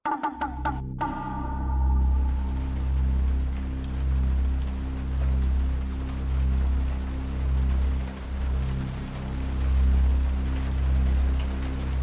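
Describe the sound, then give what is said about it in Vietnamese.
Steady afternoon rain patters throughout with soft crackling drops, heard at a quiet, near-empty café, layered over a low, sustained humming drone; a brief brighter chime rings out at the very start. “Buổi chiều mưa cho nên quán có vẻ khá vắng.”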